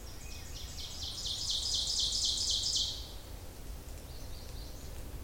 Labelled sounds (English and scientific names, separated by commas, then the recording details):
Ovenbird (Seiurus aurocapilla) song
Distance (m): 35 m
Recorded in boreal forest in Alberta, Canada, on 26 May 2016 at 07:52
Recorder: SongMeter 3, array SBT-3-15
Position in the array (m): 52 m, 221 m
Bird 20